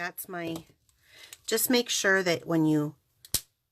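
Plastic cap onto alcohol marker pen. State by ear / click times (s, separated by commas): seated / 3.3 s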